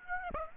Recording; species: mosquito wingbeat signal from an infrared sensor; Aedes aegypti